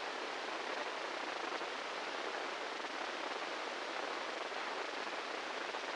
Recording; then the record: brain microelectrode recording played as sound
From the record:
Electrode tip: inside the subthalamic nucleus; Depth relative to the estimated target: -3 mm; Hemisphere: right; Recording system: NeuroSet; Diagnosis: Parkinson's disease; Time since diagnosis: 8 years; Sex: male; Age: 58 years